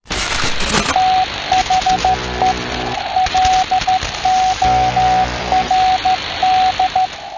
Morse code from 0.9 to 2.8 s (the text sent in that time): THE